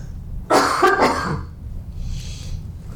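A woman gives two quick, rough throat-clearing coughs back to back, then falls quiet in a small room.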